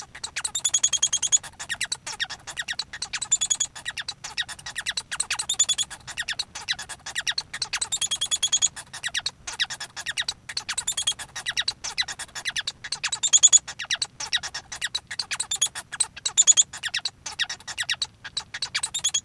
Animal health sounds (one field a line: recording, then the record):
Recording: song of a male Bengalese finch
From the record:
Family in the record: son of father 1